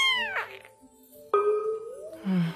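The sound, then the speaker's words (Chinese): A large fat cat named Hua Lili, weighing nearly 20 jin, meows twice: first a bright, falling cry that trails off, then after a pause a louder, sustained wavering meow ending in a low, rough moan. No one speaks. “陈星抱起花丽丽，一只接近20斤的大肥猫”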